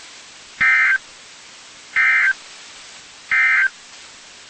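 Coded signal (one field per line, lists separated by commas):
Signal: Emergency Alert System (SAME) tones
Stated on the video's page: Four severe thunderstorm warning EAS alerts from NOAA weather radio station KIG86, Columbus, Ohio.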